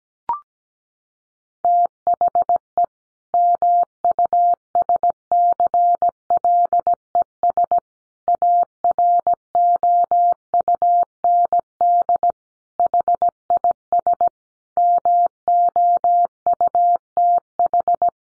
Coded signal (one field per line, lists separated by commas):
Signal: Morse code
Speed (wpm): 17 wpm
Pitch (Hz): 700 Hz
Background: none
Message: THE MUSCLES AROUND HIS MOUTH